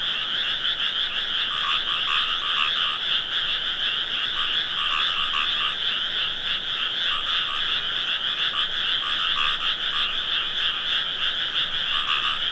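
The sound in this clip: Frog chorus, a dense continuous croaking with two steady bands, one high and one lower pulsing roughly three times a second, with many callers overlapping.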